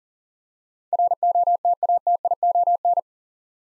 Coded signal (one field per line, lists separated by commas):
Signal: Morse code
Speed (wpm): 39 wpm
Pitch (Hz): 700 Hz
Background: none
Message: ROTATION